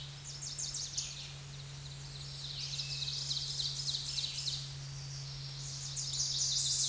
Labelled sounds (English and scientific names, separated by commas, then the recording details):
Ovenbird (Seiurus aurocapilla) song
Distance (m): 40 m
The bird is about 10 m above the microphone
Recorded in a Pennsylvania forest on 16 May 2024 at 07:55
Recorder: AudioMoth, point MSD-0627
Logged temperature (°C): 14.8 °C
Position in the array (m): 146 m, -10 m